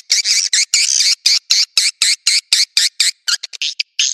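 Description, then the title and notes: Bird song of loud, buzzy, harsh bursts repeated about four times a second, each short and rasping, ending in a few quicker broken notes. "Bird Sound. Kicau Burung Lengkap"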